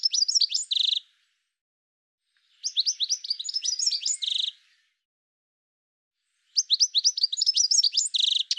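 Bird song in three bursts of quick, high-pitched chirps with a buzzy trilled ending, separated by gaps of silence.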